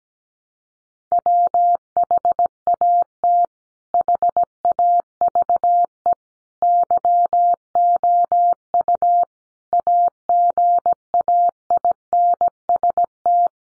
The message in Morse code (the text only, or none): WHAT HAVE YOU AGAINST